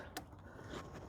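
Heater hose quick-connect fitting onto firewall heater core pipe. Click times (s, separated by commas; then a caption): 0.2 s. A lower heater hose quick-connect fitting on a Ford Expedition is pressed onto the heater core pipe at the firewall coolant fitting. A single sharp click is heard at 0.2 seconds over low background noise, and the fitting snaps into place, seated.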